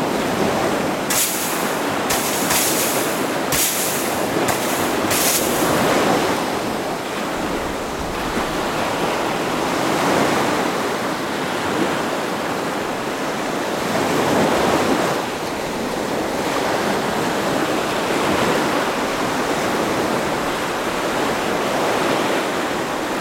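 Waves wash steadily onto a shore in a dense, hissing rush that swells and recedes every few seconds, peaking around ten and fifteen seconds. Near the start, a handful of crisp, close scraping bursts cut through, like sand being shifted.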